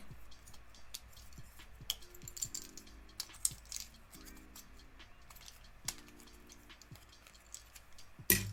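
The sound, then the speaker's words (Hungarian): Plastic Lego bricks from a set of more than 2000 pieces click and clatter irregularly as they are pulled apart, with soft scraping squeaks between the snaps and a sharper, louder clack at the very end. No one speaks. “Azt nézem egyébként, hogy úristen, már másfél órája szedem szét ezt a készletet.”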